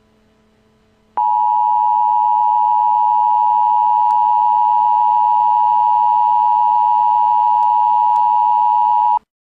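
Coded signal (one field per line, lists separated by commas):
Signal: Emergency Alert System (SAME) tones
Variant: 853 and 960 Hz attention tone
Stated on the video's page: Simulated tornado emergency alert created in Windows Movie Maker as a recreation, not a real broadcast.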